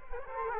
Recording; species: mosquito wingbeat signal from an infrared sensor; Culex quinquefasciatus